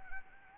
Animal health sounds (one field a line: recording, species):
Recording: mosquito wingbeat signal from an infrared sensor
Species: Anopheles gambiae